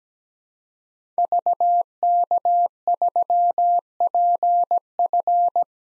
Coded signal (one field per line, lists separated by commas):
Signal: Morse code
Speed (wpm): 17 wpm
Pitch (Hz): 700 Hz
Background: none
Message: VK3PF